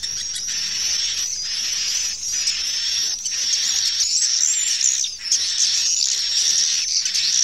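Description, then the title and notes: Swiftlet calls form a steady high-pitched chattering wash, with thin whistled notes threading through and regular louder pulses. Swiftlet calls used in swiftlet bird farming in Asia. "Swiflet Bird Sound. Farming Swiflet Bird asia sound"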